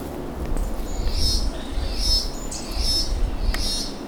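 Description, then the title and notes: Cicada calls, buzzy pulsing bursts repeated roughly every second, with steady low background rumble. Cicadas in Costa Rica. "sonido de chicharras costa rica"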